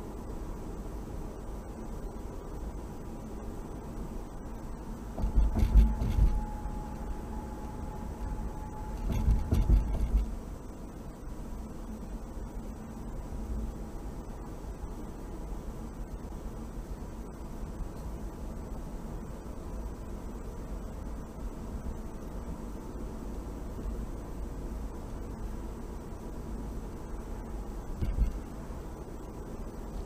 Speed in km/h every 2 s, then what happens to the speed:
60, 60, 60, 58, 58, 58, 58, 58, 61, 63, 64, 64, 64, 63, 63.
0-14 steady at about 58. 14-19 speeds up to 64. 19-30 steady at about 64.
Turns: none.